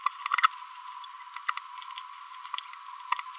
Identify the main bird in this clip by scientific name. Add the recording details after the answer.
Forpus passerinus. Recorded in a nest box in Venezuela. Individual 18B25A3